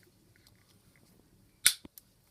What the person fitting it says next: and you hear that click that's what you want to hear